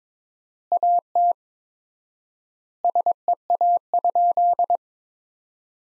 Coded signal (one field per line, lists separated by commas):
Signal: Morse code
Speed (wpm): 22 wpm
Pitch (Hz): 700 Hz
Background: none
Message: AT SEA?